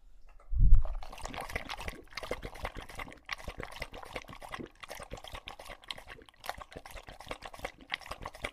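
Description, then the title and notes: English Bulldog lapping from a bowl, a heavy bump at the start, then continuous fast wet laps to the end. Male English Bulldog named Lucho drinking from a water bowl after a long walk, breathing heavily and out of breath between drinks. "English Bulldog Drinks from Water Bowl - Weird Sounds. listen to Lucho the English Bulldog as he tries to drink water after a long walk. Don't let his heavy breathing fool you in between drinks, he's equally out of breath from the walk"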